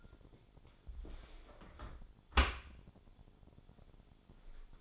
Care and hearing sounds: daily activity, microphone in the room; close dishwasher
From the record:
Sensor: 5

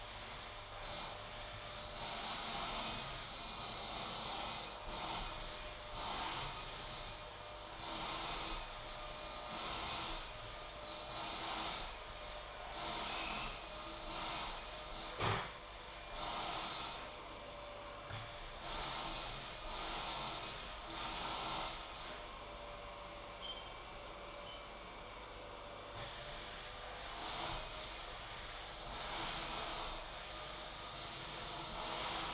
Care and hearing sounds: daily activity, microphone in the room; vacuum cleaning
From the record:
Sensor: 5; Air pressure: 991.2 hPa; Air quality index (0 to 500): 122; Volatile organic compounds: 47 ppm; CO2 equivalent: 3247 ppm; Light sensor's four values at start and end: 36/114/43/46 and 35/114/43/46

